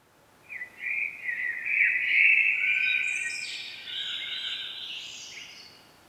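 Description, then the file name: Common blackbird pouring out one long mellow warble that climbs into a drawn-out series of high, scratchy twittering notes. "Turdus merula"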